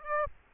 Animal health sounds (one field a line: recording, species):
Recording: mosquito wingbeat signal from an infrared sensor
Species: Aedes aegypti